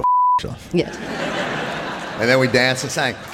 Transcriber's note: soundbite of laughter